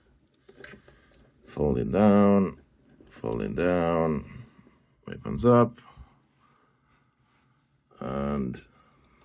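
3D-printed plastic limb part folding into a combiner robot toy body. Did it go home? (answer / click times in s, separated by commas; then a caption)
no / none. A 3D-printed plastic limb part is handled and folded down toward a combiner robot toy body, with a few faint short ticks near the start while someone talks. Nothing has seated or clicked into place yet.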